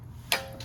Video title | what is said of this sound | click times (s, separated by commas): Mercedes GL450 front brakes replacement | there you go there you go it Clips in there's a little Notch here there's a little metal like almost like a hole | 0.3 s